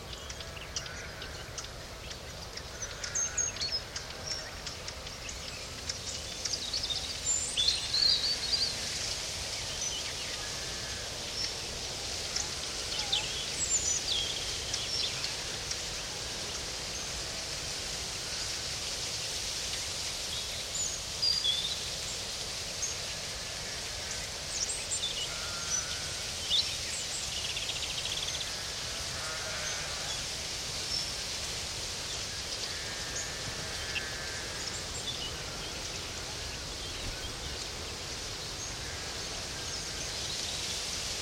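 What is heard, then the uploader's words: Outdoor ambience from a natural area in central Portugal, with a steady, even wash of wind and water running throughout. Faint high chirps of birds or insects flicker over it, busier between about 5 and 25 seconds, alongside a low rumble underneath. Sounds of a natural classified area in central Portugal. Tranquility, water, wind.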